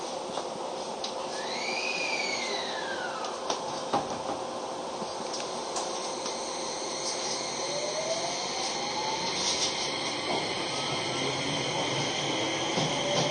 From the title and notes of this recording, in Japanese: 京王5000系 本八幡〜橋本。日中に運転が行われている都営新宿線 本八幡〜京王相模原線 橋本の運用を録音しました。都営新宿線は各停で京王線は区間急行となる。